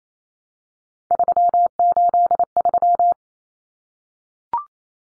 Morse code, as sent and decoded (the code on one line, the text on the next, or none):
...-- ---.. ...--
383